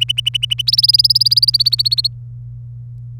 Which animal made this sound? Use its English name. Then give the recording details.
Domestic Canary. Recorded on 26 April 2018 at 18:22. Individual llb3